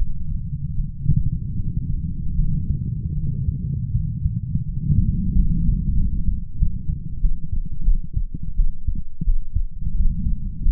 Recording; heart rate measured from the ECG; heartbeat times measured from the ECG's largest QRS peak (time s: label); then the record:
heart sounds by stethoscope; 85 bpm
0.72 s: heartbeat
1.53 s: heartbeat
2.34 s: heartbeat
3.13 s: heartbeat
3.91 s: heartbeat
4.64 s: heartbeat
5.31 s: heartbeat
5.94 s: heartbeat
6.56 s: heartbeat
7.19 s: heartbeat
7.83 s: heartbeat
8.54 s: heartbeat
9.23 s: heartbeat
9.94 s: heartbeat
10.60 s: heartbeat
From the record:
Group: healthy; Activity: rest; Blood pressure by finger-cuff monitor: 110/66 mmHg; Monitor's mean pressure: 82 mmHg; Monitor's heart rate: 81 bpm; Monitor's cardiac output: 6.9 L/min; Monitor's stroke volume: 82 mL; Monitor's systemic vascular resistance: 890 dyn s/cm5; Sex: female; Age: 26 years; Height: 165 cm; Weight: 55 kg